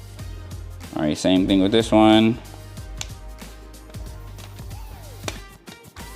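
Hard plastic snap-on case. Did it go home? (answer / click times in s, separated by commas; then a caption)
yes / 3.0 s, 5.3 s. Someone talks over background music while fitting the second half of a hard plastic protective case onto a Z Fold 6 foldable phone. Two sharp snaps are heard at about 3.0 s and 5.3 s as the case half seats in place.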